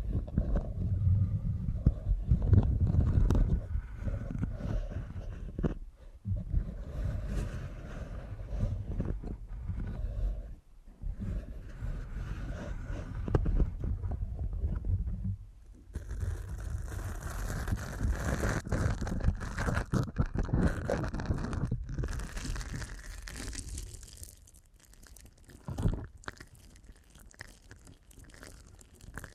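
Deep ear canal massage: muffled, rumbling rubbing sounds with dense low thumps, pausing briefly around 6, 10 and 15 seconds. After about 16 seconds the rubbing turns brighter and crackly, with fine scratchy detail, then thins out near 25 seconds.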